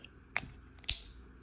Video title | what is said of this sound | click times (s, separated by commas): TRANSFORMERS- AotP Onyx Prime | They should snap in nice and get that nice satisfying snap. | 0.4 s, 0.9 s